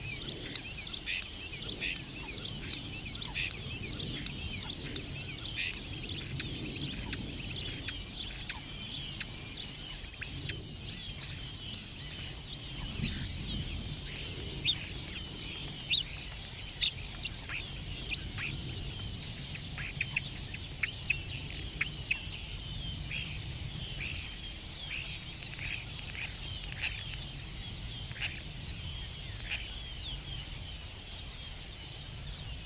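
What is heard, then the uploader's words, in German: Morning in a clay pit, filled with a dense, continuous chorus of many birds chirping and trilling. A few louder, brighter calls stand out around ten to twelve seconds and again near twenty-two seconds. A steady low rumble, like traffic, sits underneath throughout. Ein Morgen in der Lehmgrube. Ich liebe die Stare.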